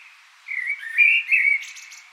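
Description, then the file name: Common blackbird giving a short, smooth fluted phrase that slides up and down, then finishes in a few faint, high scratchy notes. "Turdus merula"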